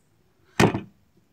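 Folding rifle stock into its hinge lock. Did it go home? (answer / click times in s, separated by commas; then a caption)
yes / 0.6 s. The folding stock of a Brocock Commander Magnum HP PCP air rifle is unfolded with a small bump and snaps into its hinge lock with a sharp, loud click at 0.6 s that fades over about a third of a second. A faint tick follows at 1.3 s, and the stock is seated, locked open.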